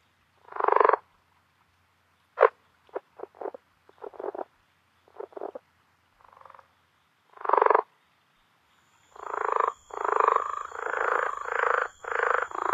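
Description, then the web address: Rio Grande Leopard Frog calls: separate short croaking bursts at first, then a run of rapid, chuckling croaks packed close together toward the end, joined by a faint steady high whine. North America. "Songs of Frogs Toads of North America. Rio Grande Leopard Frog"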